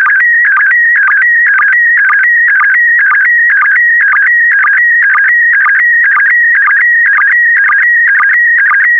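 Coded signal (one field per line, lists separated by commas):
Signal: SSTV (slow-scan television)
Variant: PD120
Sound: warbling tone around 2 kHz with short low sync chirps twice per second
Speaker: complete. You can now check your decoded image against the picture that is shown on the video.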